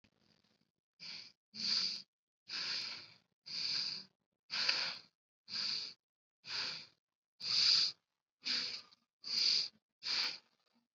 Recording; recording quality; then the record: deep breathing; excellent, no background noise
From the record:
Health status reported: COVID-19 positive, mild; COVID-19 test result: positive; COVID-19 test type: rapid antigen test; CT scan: not taken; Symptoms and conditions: cough, fever, another condition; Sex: male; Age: 30 years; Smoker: no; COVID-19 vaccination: none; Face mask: worn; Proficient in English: yes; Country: India